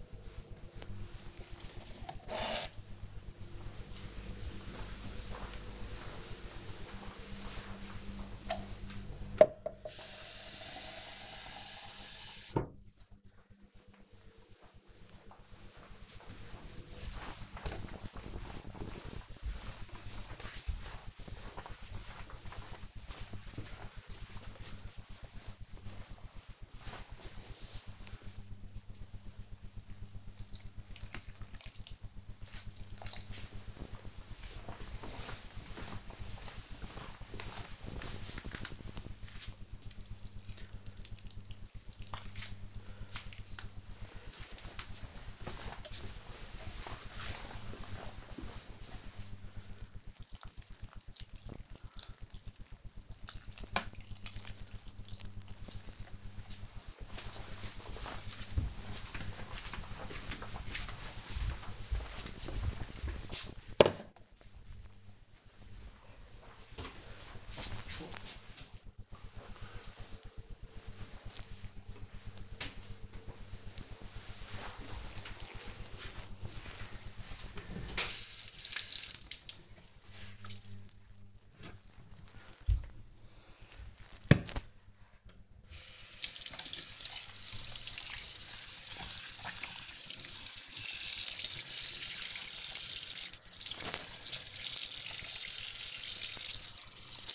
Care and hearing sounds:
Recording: household activities, microphone on the right wrist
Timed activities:
0.52-55.02 s: watering plant
73.16-97.35 s: washing dishes

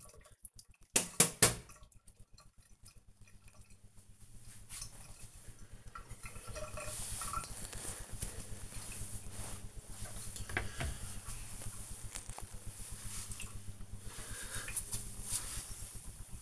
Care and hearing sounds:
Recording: household activities, microphone on the right wrist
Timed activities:
none

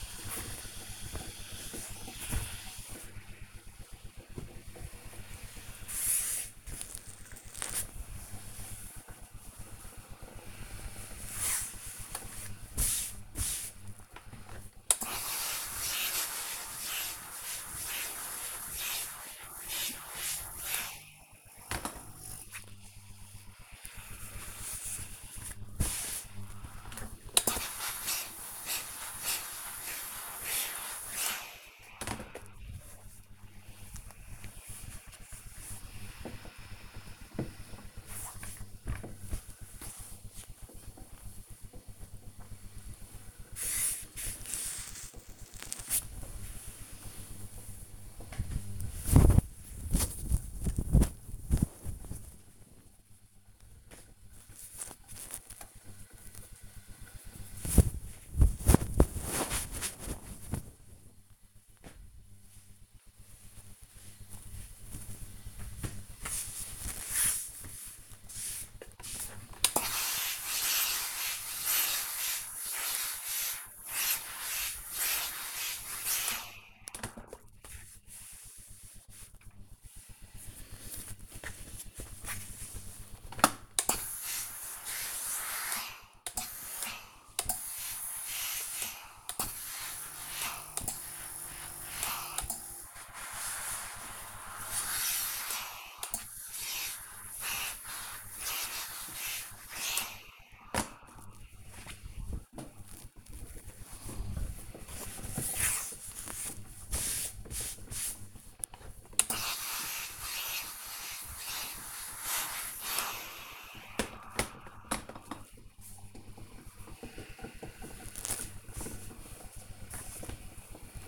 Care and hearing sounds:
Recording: household activities, microphone on the right wrist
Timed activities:
0.00-2.77 s: ironing laundry
12.82-40.95 s: ironing laundry
68.07-121.08 s: ironing laundry

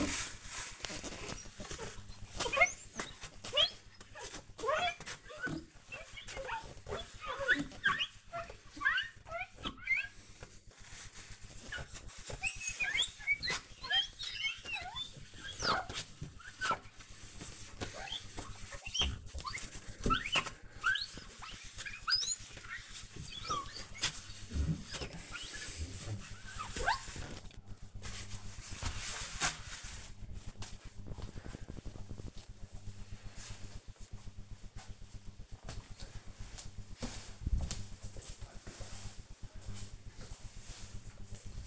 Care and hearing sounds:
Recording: household activities, microphone on the right wrist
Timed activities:
0.00-30.78 s: window cleaning

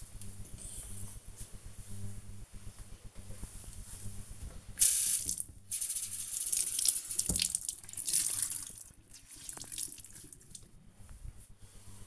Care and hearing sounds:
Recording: household activities, microphone on the right wrist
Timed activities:
2.49-12.07 s: cleaning table

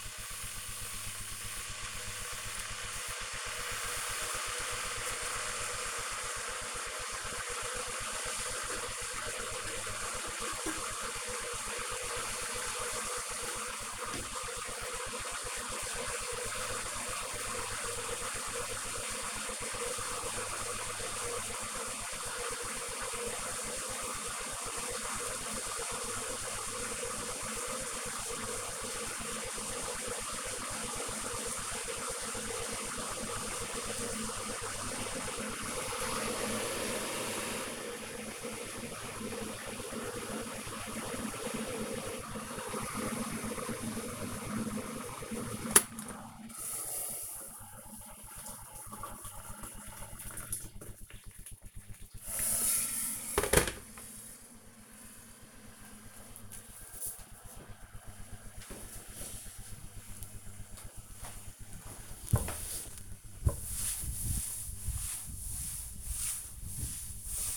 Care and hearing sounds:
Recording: household activities, microphone on the right wrist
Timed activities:
0.00-53.49 s: making tea
60.56-67.57 s: cleaning table

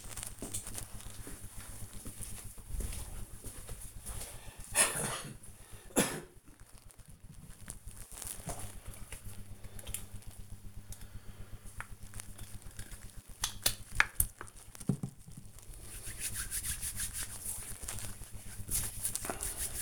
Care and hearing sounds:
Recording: household activities, microphone on the right wrist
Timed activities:
9.68-19.82 s: cream hands

